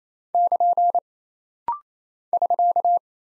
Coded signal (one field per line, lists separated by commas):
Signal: Morse code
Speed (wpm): 28 wpm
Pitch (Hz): 700 Hz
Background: none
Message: <KN> <SK>